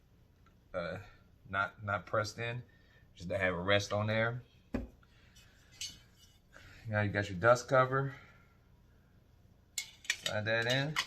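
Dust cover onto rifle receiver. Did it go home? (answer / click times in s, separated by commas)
yes / 9.8 s, 10.1 s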